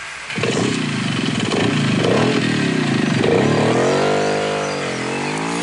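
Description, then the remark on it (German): A motorcycle starts up and pulls away as its rider drives off to Heino Kugler's, its engine note climbing through several revving gear pulls before settling into a steady, loud drone. No voices are heard. “Rausch ab und fahr zu Heino Kugler.”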